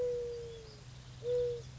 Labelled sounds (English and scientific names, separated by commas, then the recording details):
Mourning Dove (Zenaida macroura)
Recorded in Sonoma County, California